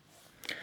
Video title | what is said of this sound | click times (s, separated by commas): Leicaflex SL 35mm SLR Film Camera Review / Overview | the release button and turn it till it clicks clockwise. | 0.5 s